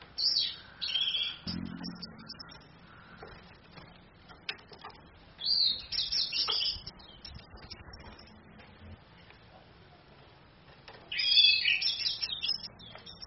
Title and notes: ANIS KEMBANG BETINA CAS DENGAN LAYAR HP. Masteran Anis Kembang